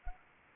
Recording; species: mosquito wingbeat signal from an infrared sensor; Anopheles arabiensis